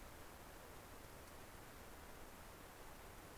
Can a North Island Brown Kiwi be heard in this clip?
no